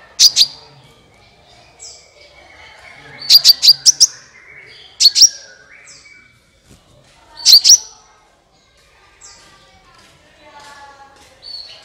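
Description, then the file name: Van Hasselt's sunbird chirps: quick clusters of two to four piercing, high notes at irregular intervals, with faint thin whistles between them. "suara kolibri ninja"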